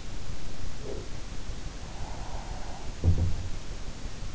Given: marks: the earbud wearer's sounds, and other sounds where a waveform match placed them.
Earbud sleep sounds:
sounds in sleep by an in-ear microphone; breath
2.01-3.04 s: breath

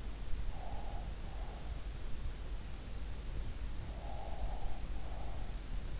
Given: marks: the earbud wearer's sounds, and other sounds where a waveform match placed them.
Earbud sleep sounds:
sounds in sleep by an in-ear microphone; breath
0.47-2.47 s: breath
3.51-5.99 s: breath

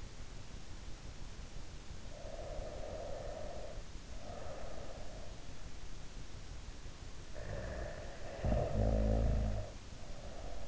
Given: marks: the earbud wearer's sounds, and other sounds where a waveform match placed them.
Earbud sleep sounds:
sounds in sleep by an in-ear microphone; breath, snoring breath
1.94-5.33 s: breath
7.07-10.68 s: snoring breath

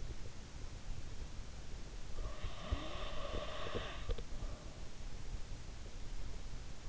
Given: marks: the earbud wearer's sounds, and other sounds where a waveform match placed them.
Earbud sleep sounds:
sounds in sleep by an in-ear microphone; breath
1.94-5.01 s: breath

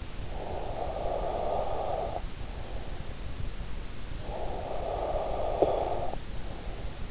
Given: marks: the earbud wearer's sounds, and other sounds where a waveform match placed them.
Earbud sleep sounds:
sounds in sleep by an in-ear microphone; breath, snoring breath
0.09-2.80 s: breath
4.02-7.11 s: snoring breath

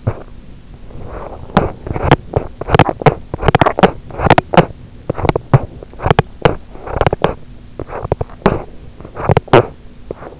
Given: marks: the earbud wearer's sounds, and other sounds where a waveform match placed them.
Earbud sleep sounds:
sounds in sleep by an in-ear microphone; teeth grinding, breath
0.00-0.37 s: teeth grinding
0.71-1.51 s: breath
1.03-10.40 s: teeth grinding

